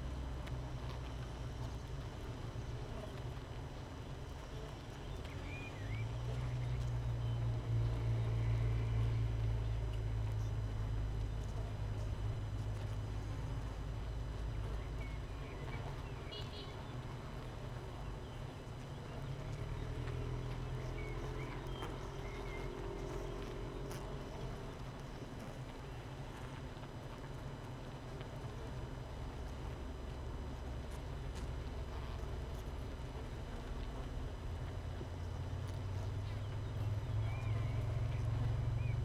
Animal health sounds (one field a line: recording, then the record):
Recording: honeybee colony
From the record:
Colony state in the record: missing queen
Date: 31 May 2018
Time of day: 6:59